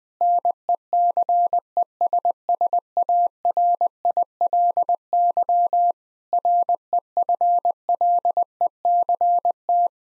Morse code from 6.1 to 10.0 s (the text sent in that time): REFLECT